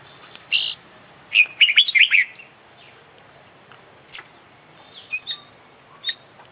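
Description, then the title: Oriental magpie-robin song: a single note, then a dense, scratchy warbling burst, then scattered thin chirps and short whistles. International champion kacer from Indonesian songbird contests, singing vigorously (gacor) with its full isian repertoire, used for training other birds. "Kicau Mania - Full Isian Juara Internasional Burung KACER Gacor"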